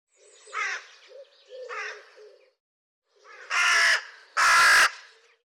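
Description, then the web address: Bird calling: two softer notes about a second apart, a short silence, then two loud, harsh calls in quick succession. "cianscape birddata Deverinetal 2025 File cleaned normalized Bird"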